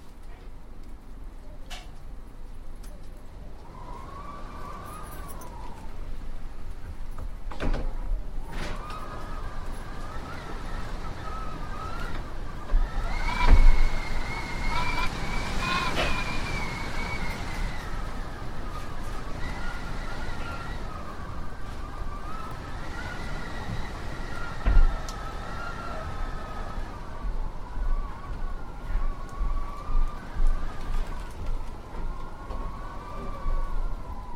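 Wind howls in a steady, wavering whistle that rises and falls over a constant low rumble, with a few sharp knocks scattered throughout.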